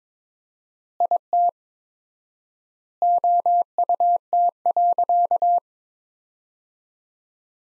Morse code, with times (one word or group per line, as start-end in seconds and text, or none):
1.0-1.5 IT
3.0-5.6 OUT.